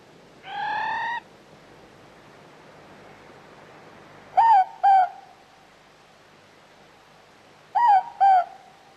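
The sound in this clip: Morepork with a drawn-out, raspy single note, then two paired hoots, each pair falling slightly from first to second note, spaced a few seconds apart.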